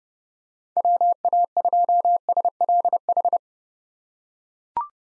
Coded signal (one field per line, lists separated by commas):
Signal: Morse code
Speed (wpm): 29 wpm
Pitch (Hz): 700 Hz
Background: none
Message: WA2SLH